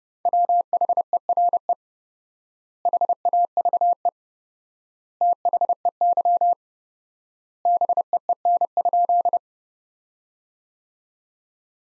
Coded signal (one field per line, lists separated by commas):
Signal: Morse code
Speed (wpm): 31 wpm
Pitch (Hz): 700 Hz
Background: none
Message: WHERE HAVE THEY BEEN?